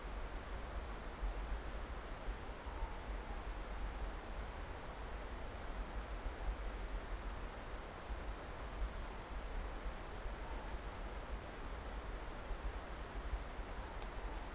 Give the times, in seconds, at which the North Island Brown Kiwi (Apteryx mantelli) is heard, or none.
none